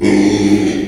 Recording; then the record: squeal of a Yucatan mini pig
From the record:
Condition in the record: after surgery on the right vocal fold (resection and tissue-engineered implant); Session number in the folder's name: 2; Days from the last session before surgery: 13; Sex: male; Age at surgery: 12 weeks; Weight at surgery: 13 kg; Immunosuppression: cyclosporine, prednisolone